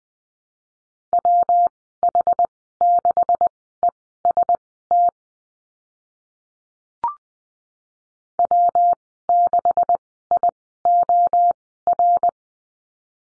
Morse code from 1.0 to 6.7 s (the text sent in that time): WH6EST